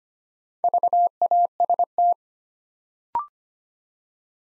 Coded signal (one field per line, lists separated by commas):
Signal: Morse code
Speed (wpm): 25 wpm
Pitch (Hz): 700 Hz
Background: none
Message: VAST